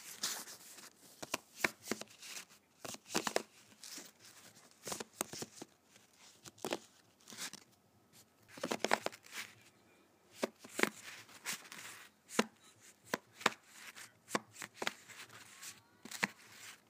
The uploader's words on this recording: ASMR Playing Cards.